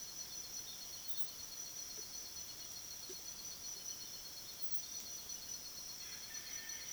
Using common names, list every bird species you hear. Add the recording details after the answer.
none. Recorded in pastures near Puerto Asís, Putumayo, Colombia, on 19 February 2024 at 05:30. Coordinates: 0.497, -76.327. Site G7276